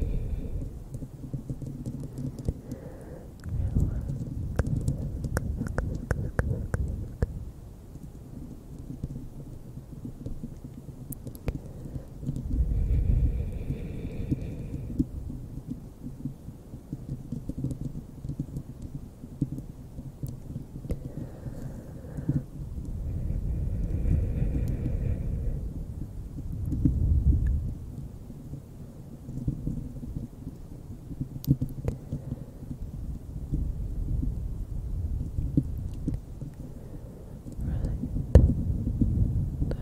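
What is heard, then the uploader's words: Bare microphone scratching: deep, rumbling rubs that swell and fade in slow waves, with heavier bursts near 4, 13, 25 and 27 seconds. Sharp clicks and crackles cluster in the first eight seconds, and faint squeaky tones appear around 13 and 25 seconds. ASMR bare mic scratching.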